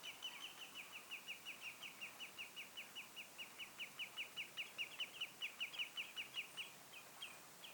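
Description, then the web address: Common greenshank calls, a long rapid series of short descending notes, steady throughout. Young birds, recorded 1 August 2026. "paivat 1 8 2026 valkovikloja ilm nuoria"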